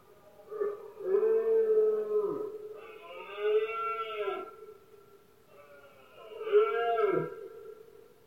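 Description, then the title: Red deer bellowing, three long moaning calls, each swelling and then dropping sharply at its end. Male red deer bellowing during the rutting season, known in Spanish as berrea or brama, heard especially at night in Spain; soundscape. "Paisaje sonoro: Berrea #04"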